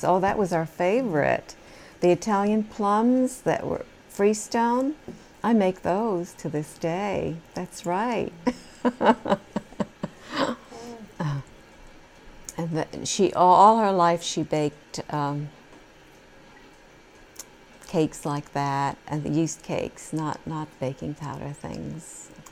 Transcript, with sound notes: Oh, that was our favorite, the Italian plums that were freestone. I make those to this day. That's right. (she laughs) And she, all her life she baked cakes like that and the yeast cake, not baking powder things.